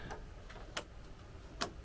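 An unidentified latching part on a travel trailer is pushed or adjusted until it clicks into place. Two sharp clicks sound at 0.8 s and 1.6 s over a quiet background, and the latch is seated.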